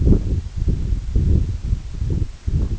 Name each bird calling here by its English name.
none